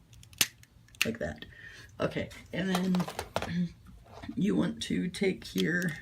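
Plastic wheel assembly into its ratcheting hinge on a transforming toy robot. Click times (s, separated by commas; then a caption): 0.4 s. A plastic wheel assembly on a transforming toy robot is swung outward into its ratcheting hinge, giving a sharp click at 0.4 s as it seats into its set position. Small clicks around it lead into someone talking for the rest of the clip.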